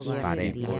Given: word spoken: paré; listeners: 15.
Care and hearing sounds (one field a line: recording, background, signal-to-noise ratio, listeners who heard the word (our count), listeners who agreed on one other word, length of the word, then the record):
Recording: one Spanish word in noise, from a listening test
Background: four-talker babble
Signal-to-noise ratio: 1.0 dB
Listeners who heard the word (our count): 3 of 15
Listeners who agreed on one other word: 8 of 15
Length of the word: 0.40 s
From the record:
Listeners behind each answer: 8, 3, 2, 2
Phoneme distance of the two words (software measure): 7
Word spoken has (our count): 2 syllables, 4 phonemes, stress on syllable 2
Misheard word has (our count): 2 syllables, 5 phonemes, stress on syllable 2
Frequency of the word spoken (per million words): 1.69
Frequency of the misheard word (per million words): 44.55